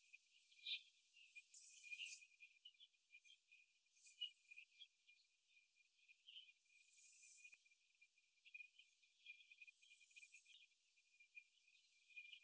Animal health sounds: young laying hens in a cage, short pieces joined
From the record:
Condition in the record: after the stressor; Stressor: simulated dog barking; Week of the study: 2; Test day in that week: 2

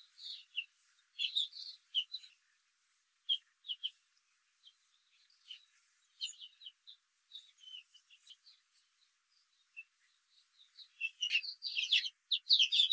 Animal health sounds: young laying hens in a cage, short pieces joined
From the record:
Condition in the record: control cage, after the stress test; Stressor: none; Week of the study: 4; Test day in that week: 1

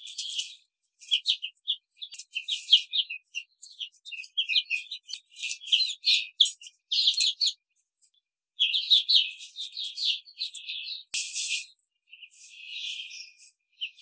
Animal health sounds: young laying hens in a cage, short pieces joined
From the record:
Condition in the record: control cage, after the stress test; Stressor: none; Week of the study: 5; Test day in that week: 1

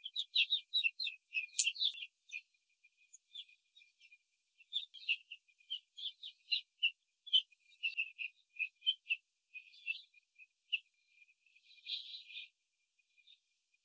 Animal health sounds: young laying hens in a cage, short pieces joined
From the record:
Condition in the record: control cage, after the stress test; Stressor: none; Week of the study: 4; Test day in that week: 3

